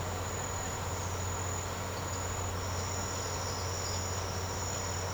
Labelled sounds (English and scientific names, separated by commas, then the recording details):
none
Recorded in secondary vegetation near Puerto Asís, Putumayo, Colombia, on 19 March 2025 at 08:00
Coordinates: 0.468, -76.324
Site G059